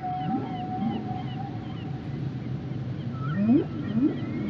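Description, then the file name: Whale song: a long, level moan, then short, sharply rising whoops near the end over steady low-pitched noise. Whale and dolphin sounds and songs; Nueva Esparta. "Whales and Dolphins whale nature sounds songs nueva esparta"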